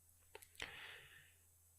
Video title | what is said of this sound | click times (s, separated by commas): How to Install an Arrow Commercial Door Hardware RL Lever Lock | onto the shaft of the lock body and it will snap into place | 0.3 s, 0.5 s, 0.6 s